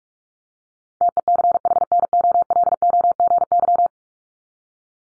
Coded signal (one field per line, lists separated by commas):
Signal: Morse code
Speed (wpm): 44 wpm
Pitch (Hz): 700 Hz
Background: none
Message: TECHNOLOGY